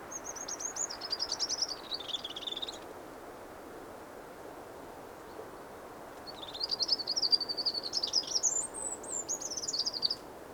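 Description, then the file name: Eurasian wren gives two energetic song phrases of fast, high, rattling trills, the first lasting under three seconds, the second about four seconds after a quiet pause. "Troglodytes troglodytes"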